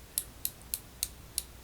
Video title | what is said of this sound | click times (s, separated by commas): Using micrometer §17.4.2 | you get a clicking sound and the large large barrel no longer turns so | 0.2 s, 0.4 s, 0.7 s, 1.0 s, 1.4 s